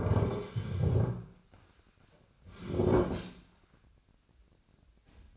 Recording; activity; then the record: daily activity, microphone in the room; sit down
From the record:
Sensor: 2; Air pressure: 1009.1 hPa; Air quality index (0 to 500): 170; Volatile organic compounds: 2 ppm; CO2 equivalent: 1243 ppm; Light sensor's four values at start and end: 31/83/35/37 and 30/80/33/35